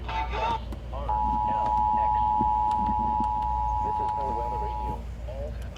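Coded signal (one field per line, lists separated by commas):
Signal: Emergency Alert System (SAME) tones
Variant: 853 and 960 Hz attention tone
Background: speech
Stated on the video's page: Severe thunderstorm warning heard on a weather radio transmitter and two broadcast stations.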